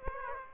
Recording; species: mosquito wingbeat signal from an infrared sensor; Aedes aegypti